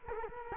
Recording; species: mosquito wingbeat signal from an infrared sensor; Culex quinquefasciatus